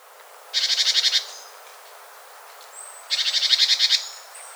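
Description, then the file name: Great tit call: two rattling bursts of quick, evenly pulsed buzzy notes, each under a second, with a few thin high notes between. "Parus major"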